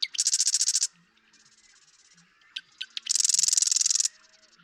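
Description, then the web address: Marsh Wren song: a fast, harsh rattling trill, a softer buzzing in between, then a few clicks before another long, loud rattle. "birdsongforthecurious Marsh Wren"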